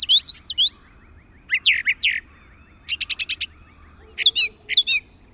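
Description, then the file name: Brown thrasher song: loud varied phrases of sweeping, slurred notes, several given twice in a row, with a rapid stuttered burst midway; faint soft ticking runs beneath. "suara-kicauan-brown-thrasher 5-omkicau"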